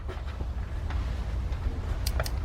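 A 3/8 torque wrench set to a low ft-lb value tightens a center camshaft cap bolt in the cylinder head of a Chrysler/Dodge/Jeep/Ram engine (Chrysler 300, Town & Country, Dodge Charger, Caravan, Jeep Cherokee, Wrangler, Ram 1500) during rocker arm work. Over a steady low rumble, the wrench gives a sharp click at 2.1 s, with brief follow-up ticks just after. The wrench clicks at its setting, confirming the bolt has reached the set torque.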